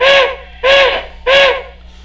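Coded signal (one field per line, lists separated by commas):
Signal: train horn signal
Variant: steam locomotive whistle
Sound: three short, breathy, chime-like whistle blasts, evenly spaced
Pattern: 3 short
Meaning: Three short blasts: the locomotive is about to back up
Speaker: now when I move in the reverse direction you hear the three short blasts of the whistle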